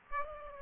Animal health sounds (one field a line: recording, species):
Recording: mosquito wingbeat signal from an infrared sensor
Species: Aedes aegypti